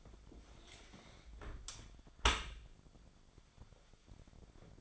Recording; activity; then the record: daily activity, microphone in the room; close dishwasher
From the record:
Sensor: 5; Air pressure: 1006.8 hPa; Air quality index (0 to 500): 182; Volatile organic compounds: 5 ppm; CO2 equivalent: 1740 ppm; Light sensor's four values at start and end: 54/150/59/59 and 52/145/57/57